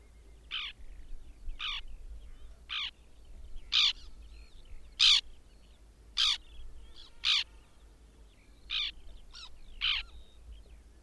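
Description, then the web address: White-winged tern rasping call notes repeated irregularly roughly every second, harsh and dry, over a low steady background rumble. "Madardalok Cd 3. Fehérszárnyú szerkő"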